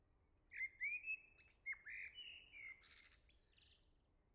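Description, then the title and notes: Common blackbird song, rich fluted notes rising slightly, then a burst of high squeaky twittering trailing off into softer notes. "Le Merle salue l'été, La Jarrie, France. Quel Sol!!!! pour saluer l'arrivée de l'été ce matin! Merci Jolie Merle de tes vocalises à proximité!"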